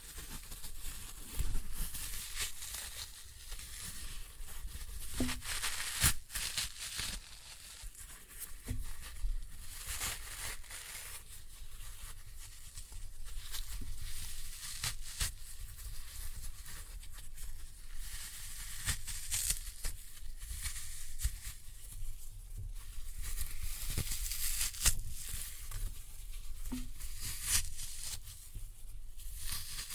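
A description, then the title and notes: Floral foam is crushed, giving a dense, continuous crackle and crunch with a bright, gritty hiss on top. Sharper snaps break through every few seconds, some with a brief low thump, and the crunching stays steady for the whole half minute. Floral Foam Glitter Bomb Crushing.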